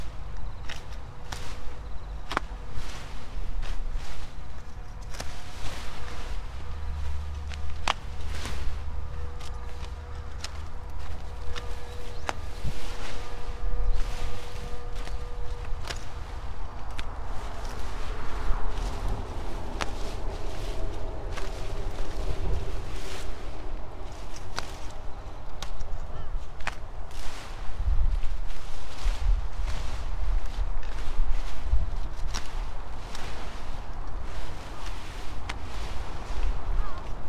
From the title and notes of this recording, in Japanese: 台風＋長雨でずいぶん太陽を見ない日が続いて、やっと晴れた！サツマイモ収穫準備で伸びたツルを株元から切っていきます。よく研いだ鎌で一切り。道路が近い畑なので、クルマやバイクもよく通る。